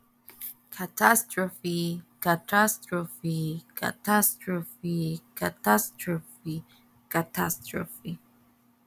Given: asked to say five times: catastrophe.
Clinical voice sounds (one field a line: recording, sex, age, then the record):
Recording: repeated word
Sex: male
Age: 40 to 49 years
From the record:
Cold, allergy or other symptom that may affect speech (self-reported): no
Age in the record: 44 years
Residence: California, United States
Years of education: 20